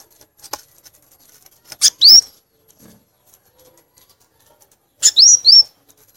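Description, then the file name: Violaceous euphonia: sharp clicks followed by a high upslurred whistle, then a quick pair of rising whistled notes about three seconds later. "canto do gaturamo verdadeiro"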